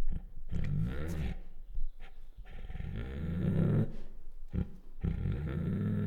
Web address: Sound Ideas Tigers Sound Effects Female Bengal Tiger Chuffs, Growls and Whines